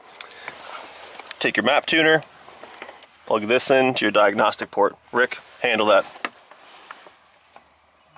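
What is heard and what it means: A map tuner's cable plug is handled near the diagnostic port of a Can-Am Maverick X3 while someone talks, with a few light handling taps and knocks between the words. Nothing has seated or clicked yet.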